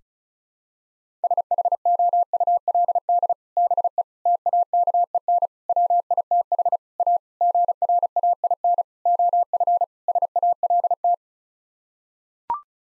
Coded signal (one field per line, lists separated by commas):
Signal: Morse code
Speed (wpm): 36 wpm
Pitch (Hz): 700 Hz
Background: none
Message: SHOULD BE TAKEN WITH A GRAIN OF SALT